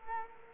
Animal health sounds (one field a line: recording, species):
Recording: mosquito wingbeat signal from an infrared sensor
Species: Culex quinquefasciatus